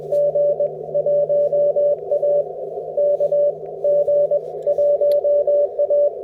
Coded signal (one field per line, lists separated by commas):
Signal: Morse code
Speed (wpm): 20 wpm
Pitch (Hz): 560 Hz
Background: none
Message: G 1A K G 1A